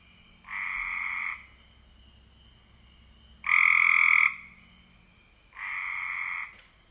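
Cope's gray treefrog giving three harsh buzzing trills two to three seconds apart, the middle one loudest, with a faint steady whine in the background.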